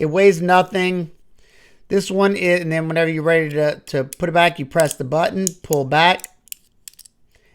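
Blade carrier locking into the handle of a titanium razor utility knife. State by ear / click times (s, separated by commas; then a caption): seated / 6.9 s. Someone talks, then presses the release button on a bronze-anodized titanium razor utility knife and pulls the blade carrier back into the handle. A few faint ticks come just before a sharp click at 6.9 s as the carrier locks into its retracted position, seated firmly with no rattle.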